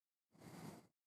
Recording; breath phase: one breath near a microphone; exhalation